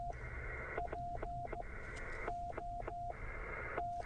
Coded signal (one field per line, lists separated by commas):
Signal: Emergency Alert System (SAME) tones